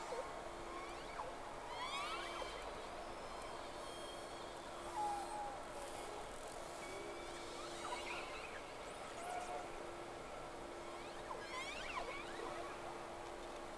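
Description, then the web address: Whale whistles underwater, several rising and falling sweeps and chirps overlapping throughout, above a constant low droning hum. Two whales, 3 October 2006 at 11:30, round 1. "Sea Snake 10-3-06 Whales X 2 11-30"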